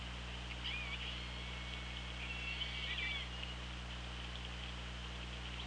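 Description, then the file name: Orca call: a faint drawn-out tonal whine sliding gently over about three seconds, ending in a few short squeaks, with steady hiss and low hum. Recorded on the OrcaLab hydrophone, 24 August 2017 at 16:54. "Orca Lab 20170824 165429"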